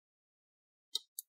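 Antenna coax connectors are pressed gently down onto the Wi-Fi card jacks of an ASUS X505A-BR232T laptop, snapping into place with two short, sharp clicks at 0.96 s and 1.19 s after near-silence. Both connectors are seated.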